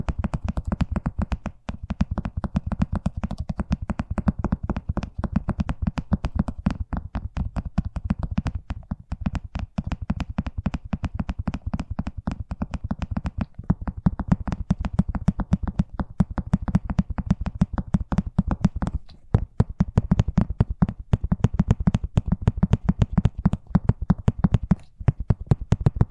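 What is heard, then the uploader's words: Fast tapping runs nearly without pause for the whole stretch, a dense, rapid stream of sharp little knocks with a low, thumpy body and a crisp top. Brief gaps break it near 2, 9, 19 and 25 seconds before it resumes. ASMR Braingasm Inducing Fast Tapping (No Talking).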